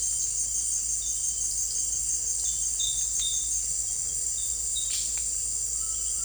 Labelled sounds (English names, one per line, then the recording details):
none
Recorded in dense forest near Puerto Asís, Putumayo, Colombia, on 21 December 2024 at 18:00
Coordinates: 0.484, -76.317
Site G026